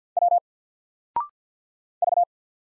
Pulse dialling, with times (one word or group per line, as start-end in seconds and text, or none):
none